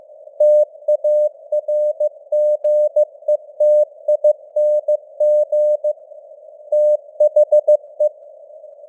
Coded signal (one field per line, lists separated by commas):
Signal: Morse code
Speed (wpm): 15 wpm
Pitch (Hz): 600 Hz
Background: none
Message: TARGETING THE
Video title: Morse Code News | 2025-12-01 | 15wpm